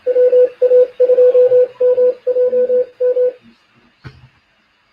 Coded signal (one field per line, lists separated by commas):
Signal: Morse code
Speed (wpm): 28 wpm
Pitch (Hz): 500 Hz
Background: radio noise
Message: WA2MJM